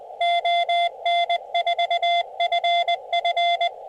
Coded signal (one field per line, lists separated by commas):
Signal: Morse code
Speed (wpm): 20 wpm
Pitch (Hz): 690 Hz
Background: none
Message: ON4FF